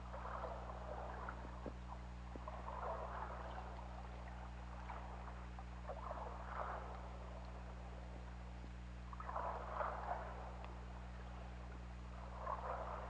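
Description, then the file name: Orca calls underwater: several diffuse, muffled bursts at irregular intervals, each lasting about a second, over a steady low mechanical hum and water hiss. Recorded on an OrcaLab hydrophone on 16 February 2018 at 18:35. "Orca Lab JASON 20180216 183534"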